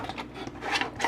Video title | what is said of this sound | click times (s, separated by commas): UNBOXING: Matchbox Action Drivers Park & Play Garage Playset (2021) | so these just snap into place like that. Fairly easy right there. | 0.8 s